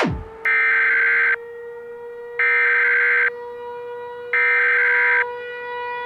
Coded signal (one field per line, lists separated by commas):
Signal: Emergency Alert System (SAME) tones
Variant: header bursts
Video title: EAS scenario zombies